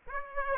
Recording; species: mosquito wingbeat signal from an infrared sensor; Aedes aegypti